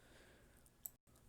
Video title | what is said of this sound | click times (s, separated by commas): Beginners guide to m56 LBE | Boom, snapped. | 0.9 s